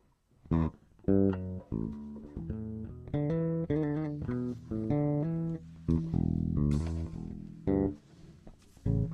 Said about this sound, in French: Ça va gueuler. Je branche ma basse direct sur la carte. C'est direct sur la carte son. Mais des fois il y a la latence. Avec la latence. Elle est pas accordée.